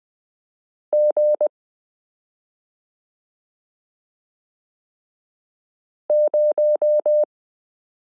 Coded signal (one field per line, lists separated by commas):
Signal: Morse code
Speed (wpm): 20 wpm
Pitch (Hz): 600 Hz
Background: none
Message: G 0